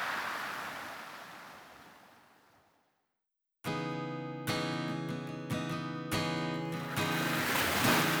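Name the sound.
ocean waves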